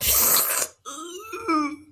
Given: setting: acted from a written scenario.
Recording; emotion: vocal sound without words; pain